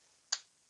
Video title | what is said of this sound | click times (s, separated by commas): How to store grip weights- Fishing sinker lead weights with gripper wires storage solution. | until you hear a click and there you go there's your storage | 0.3 s